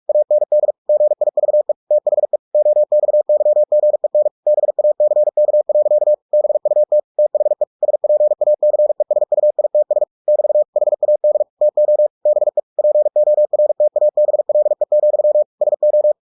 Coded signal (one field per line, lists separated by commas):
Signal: Morse code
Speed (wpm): 46 wpm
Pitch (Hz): 600 Hz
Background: none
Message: AND GIVE THE OXYGEN BACK. BUT THE SPACESUITS <BT> HAD TO BE PORTABLE, SO